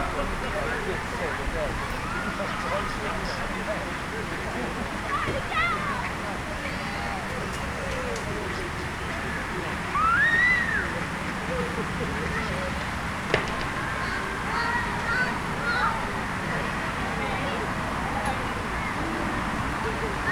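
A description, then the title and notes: Children playing in a city centre park, a steady murmur of voices over low traffic rumble, with a brief high shout near ten seconds. Children playing in a city centre park. A children's play area in a city centre park on a damp evening, just before dusk.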